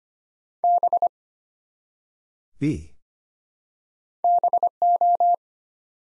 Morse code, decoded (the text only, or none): B BO